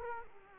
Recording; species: mosquito wingbeat signal from an infrared sensor; Culex quinquefasciatus